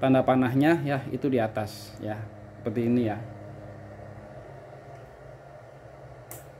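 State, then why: Seated. Someone talks while an SFP transceiver module, with its arrow marking facing up, is pushed into the port of a Hisfocus OLT network device. After a quieter stretch, a short, sharp click at 6.3 s marks the module seating in the port.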